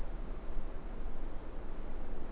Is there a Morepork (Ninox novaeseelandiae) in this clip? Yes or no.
no